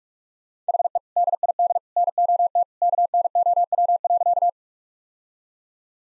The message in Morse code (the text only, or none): HE DID NOT KNOW.